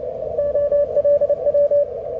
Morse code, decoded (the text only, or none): OLW